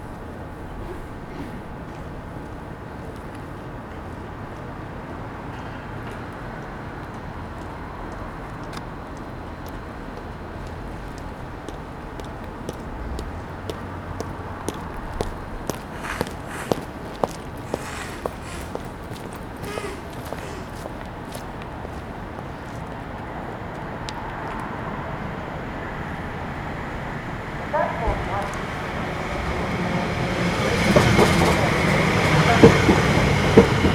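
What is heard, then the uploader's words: A cold station platform in the early morning, with a low steady rumble underneath. Sharp clicks and clanks cluster between about 13 and 22 seconds, and near the end a train grows louder, filling the scene with a brighter rushing roar. Captured early in the morning on a cold station platform. The temperature is -3c and the people waiting for the train are wearing winter clothing.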